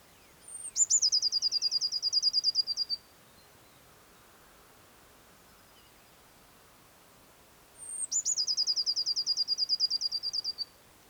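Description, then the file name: Eurasian blue tit giving two songs, each a sharp high note leading into a long, fast, even trill, with a calm pause of nearly five seconds between. "Cyanistes caeruleus"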